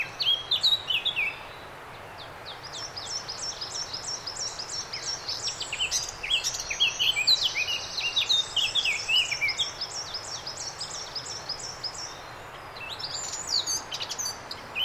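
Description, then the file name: Eurasian blackcap singing a long, rambling run of rapid twittering and warbled notes, broken by short pauses, with constant faint background noise. "Sylvia atricapilla"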